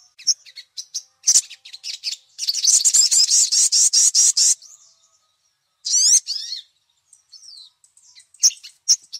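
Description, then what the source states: Little spiderhunter song: scattered high chirps, then a fast, even rattle of loud piercing notes lasting about two seconds, followed by a short sweeping trill and sparse calls. Masteran for training songbirds; the 'Labaik' song variety.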